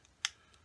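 A magnet-held hatch on the fuselage of a foam RC Ju87 Stuka model plane is pried open with a toothpick. It releases with one sharp, bright snap at 0.2 s, most likely the magnets letting go. Faint small ticks come at about 0.1 s and 0.5 s over a quiet background.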